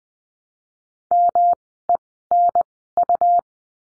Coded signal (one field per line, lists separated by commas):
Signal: Morse code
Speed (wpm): 20 wpm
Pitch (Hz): 700 Hz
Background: none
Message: MENU